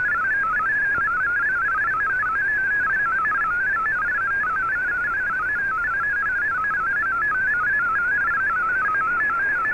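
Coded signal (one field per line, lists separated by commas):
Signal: multi-tone FSK (Olivia or MFSK type)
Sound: rapid warbling single tone hopping between pitches continuously, over shortwave hiss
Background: radio static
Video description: Here is my decode of the Shortwave Radiogram broadcast today on 15770Khz shortwave radio at 1300UTC in MFSK16, 32 and 64 and with 8 SSTV images.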